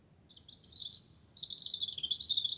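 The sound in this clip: Wren singing a fast, high, ringing trill that starts with a few thin notes and runs on continuously to the end.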